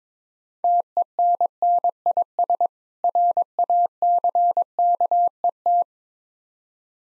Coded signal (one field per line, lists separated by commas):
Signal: Morse code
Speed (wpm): 21 wpm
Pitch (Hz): 700 Hz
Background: none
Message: TENNIS RACKET